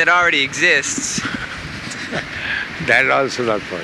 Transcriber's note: chuckles